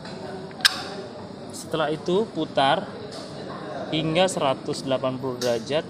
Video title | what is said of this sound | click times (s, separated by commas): NMAX TURBO BERTEKNOLOGI YECVT | Oke, okay, sampai dia bunyi klek. | 0.0 s